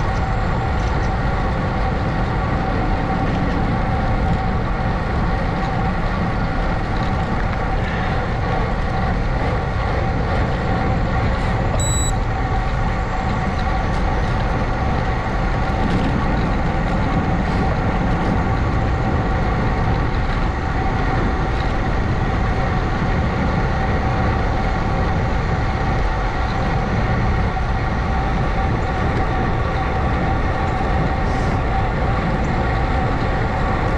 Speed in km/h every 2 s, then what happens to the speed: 26, 26, 24, 26, 27, 27, 27, 27, 29, 31, 29, 29, 29, 29, 29, 31, 31.
0-34 steady at about 29.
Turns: 24-30.